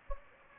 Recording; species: mosquito wingbeat signal from an infrared sensor; Anopheles gambiae